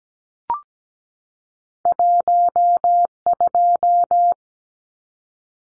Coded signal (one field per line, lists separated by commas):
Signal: Morse code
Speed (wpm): 17 wpm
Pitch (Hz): 700 Hz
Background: none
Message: 12